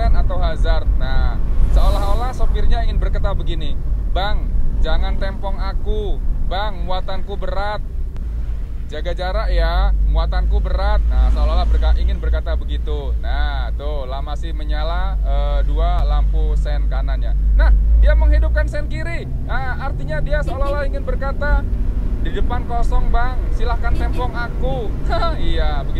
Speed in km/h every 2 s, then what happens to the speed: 42, 36, 28, 22, 16, 17, 17, 15, 16, 20, 27, 29, 32.
0-8 slows to 16. 8-17 steady at about 16. 17-26 speeds up to 32.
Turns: none.